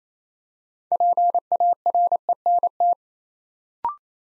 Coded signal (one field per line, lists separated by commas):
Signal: Morse code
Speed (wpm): 28 wpm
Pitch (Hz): 700 Hz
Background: none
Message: PARENT